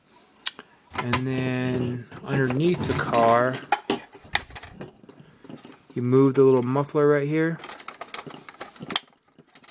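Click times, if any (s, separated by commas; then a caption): 9.0 s. Someone talks while moving the small plastic muffler lever on the underside of a 1989 Kenner The Real Ghostbusters Ecto-1A toy car, with a few light clicks and taps of handling along the way. A sharp plastic click at 9.0 s marks the lever seating into its set position.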